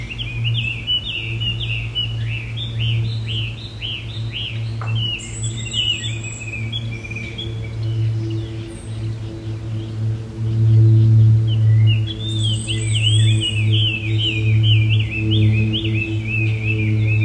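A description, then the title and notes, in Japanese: A bird sings energetically, pouring out rapid, bright chirping phrases almost without pause through the whole stretch. A few thin, high whistles cut in near six and thirteen seconds. Underneath sits a steady low hum, swelling louder in the second half. 透き通る鳥の歌声3分間〜八ヶ岳の森から。すごく元気に歌う鳥の鳴き声です。ずっと鳴いていました。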